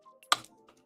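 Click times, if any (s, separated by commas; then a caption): 0.3 s. A plastic part from a Bandai 1/144 Real Grade Zeta Gundam model kit is pressed into its mating joint, giving a sharp click at 0.3 s amid a few faint plastic ticks. The joint clicks but does not connect all the way.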